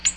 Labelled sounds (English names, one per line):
Ovenbird flight call